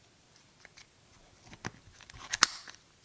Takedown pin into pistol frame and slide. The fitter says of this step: Take the pin, stick the pin in here. Till it pops into place.